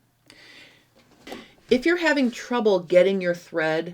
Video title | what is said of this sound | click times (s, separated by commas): Baby Lock Serger Manual: How to Thread Serger for a Cover Hem + How to Put the Table Attachment on | press it until it clicks into that short groove | 0.3 s